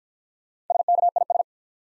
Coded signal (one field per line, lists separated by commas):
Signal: Morse code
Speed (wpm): 49 wpm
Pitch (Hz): 700 Hz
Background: none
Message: SKIS